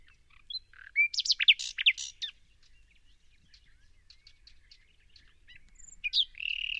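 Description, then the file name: Common nightingale song: a fast jumble of loud sweeping notes, a long near-silent stretch with faint ticks, then a new phrase starting with a falling sweep into a buzzy note. "Luscinia megarhynchos"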